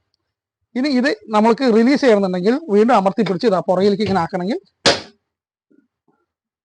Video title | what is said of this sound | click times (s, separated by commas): driver seat adjust ചെയ്യാനും hand break operate ചെയ്യാനും ഒന്ന് ശ്രെദ്ധിക്കുക | ലോക്ക് ആകും ഇത് കൃത്യമായി മനസ്സിലാക്കേണ്ട ഒരു കാര്യമാണ് | 4.9 s